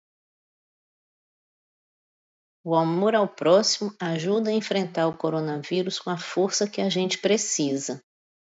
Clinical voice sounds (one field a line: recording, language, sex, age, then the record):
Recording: spoken sentence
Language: Brazilian Portuguese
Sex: female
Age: 50 to 59 years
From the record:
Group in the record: control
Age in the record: 57 years